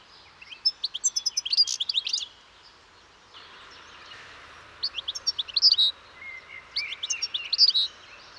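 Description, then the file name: European goldfinch calls in three short bursts of bright, chattering twitters separated by pauses, over a soft background hiss. "Carduelis carduelis"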